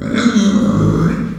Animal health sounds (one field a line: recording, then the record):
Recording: squeal of a Yucatan mini pig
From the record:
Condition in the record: after surgery on the right vocal fold (resection and tissue-engineered implant)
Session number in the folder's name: 9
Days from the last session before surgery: 65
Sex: female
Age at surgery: 19 weeks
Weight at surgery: 25 kg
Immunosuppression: prednisolone